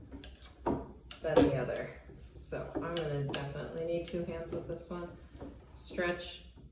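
Someone talks while stretching an ultralight backpacking chair's aluminum frame pole against strong fabric tension with both hands, working its end toward the seat hub socket. Brief sharp handling knocks sound near 0.2 and 1.1 seconds. Nothing has seated or clicked yet; the pole is still being handled and is not home.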